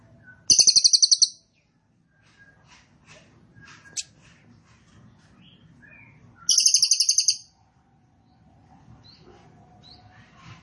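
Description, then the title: Cililin song: two short, rattling, high trills six seconds apart, with scattered clicks, a sharp chip and faint other chirps in between. Recording made for training caged birds; song style called trorol konslet; bird singing very actively (gacor banget). "Cililin AMPUH"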